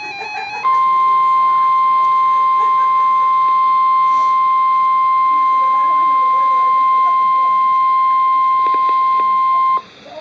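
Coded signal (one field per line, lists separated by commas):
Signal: Emergency Alert System (SAME) tones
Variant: 1050 Hz attention tone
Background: speech, music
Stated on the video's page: Real Severe Thunderstorm Warning alert.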